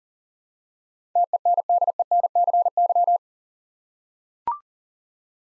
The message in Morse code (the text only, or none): TENDENCY